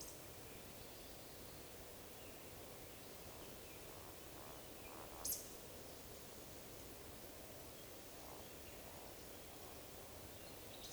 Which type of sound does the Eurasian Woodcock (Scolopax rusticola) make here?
whistle